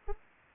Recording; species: mosquito wingbeat signal from an infrared sensor; Anopheles arabiensis